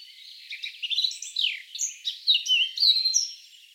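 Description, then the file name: Eurasian blackcap song: a varied warble of chirps and sliding whistles, with a few clearer fluty notes in the second half. "Sylvia atricapilla"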